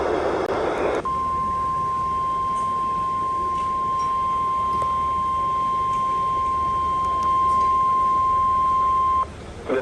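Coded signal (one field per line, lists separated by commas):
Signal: Emergency Alert System (SAME) tones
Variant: 1050 Hz attention tone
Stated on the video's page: Real EAS alerts and tests received by radio.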